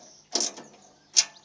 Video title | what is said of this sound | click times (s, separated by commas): RETRO 40 YEAR OLD BRITISH MOWER RESTORATION | dashboard indicator lights snapped back into position. | 0.4 s, 1.2 s